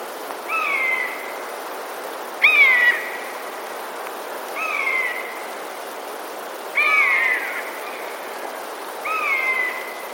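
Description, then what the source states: Eurasian jay giving mewing calls, five slurred whistles that fall slightly in pitch, spaced about two seconds apart, over a quiet hiss. Warning to house sparrows, recorded 26 February 2023.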